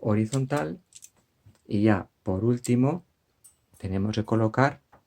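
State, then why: Not seated. A metal yarn tension mast on the base of a Brother KH-910 knitting machine with AYAB is lowered to horizontal and handled toward its mount while someone talks. One sharp hit sounds around 1.0 s between the phrases, with a faint knock near 1.6 s. Nothing has clicked or seated in its mount yet.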